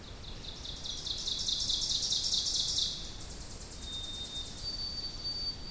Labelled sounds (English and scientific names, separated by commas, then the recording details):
Ovenbird (Seiurus aurocapilla) song
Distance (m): 25 m
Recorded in boreal forest in Alberta, Canada, on 2 June 2016 at 06:27
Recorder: SongMeter 3, array SBT-3-7
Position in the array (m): 197 m, 96 m
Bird 6